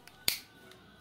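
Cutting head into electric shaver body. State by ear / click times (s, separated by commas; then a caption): seated / 0.3 s. The cutting head (foil/blade unit) of a Kemei 418 electric shaver is inserted into the shaver body and pressed down at its base. After a faint tick, a single sharp click sounds at 0.3 s and rings out briefly as the head seats in place.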